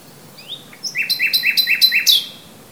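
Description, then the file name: Common nightingale song phrase: a few soft rising whistles, then a quick series of five loud, rhythmic chirping notes. "Luscinia megarhynchos"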